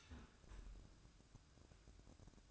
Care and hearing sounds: daily activity, microphone in the room; close fridge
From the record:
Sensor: 2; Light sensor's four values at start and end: 9/22/9/10 and 9/22/9/10

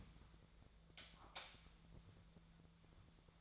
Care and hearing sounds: daily activity, microphone in the room; light off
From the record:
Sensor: 3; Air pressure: 1000.0 hPa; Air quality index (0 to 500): 124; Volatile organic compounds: 2 ppm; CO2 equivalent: 1110 ppm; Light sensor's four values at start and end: 44/113/48/52 and 41/105/45/49

